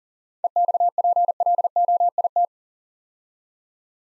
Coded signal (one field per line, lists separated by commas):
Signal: Morse code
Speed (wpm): 39 wpm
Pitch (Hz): 700 Hz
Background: none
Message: EXPLOIT